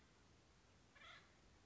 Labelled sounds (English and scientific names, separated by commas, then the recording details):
Acorn Woodpecker (Melanerpes formicivorus)
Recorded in Sonoma County, California